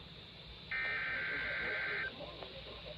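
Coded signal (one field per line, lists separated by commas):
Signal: Emergency Alert System (SAME) tones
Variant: header bursts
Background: speech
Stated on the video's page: EAS tests from weather radio station KIH26 used as a substitute for a failed 6pm test.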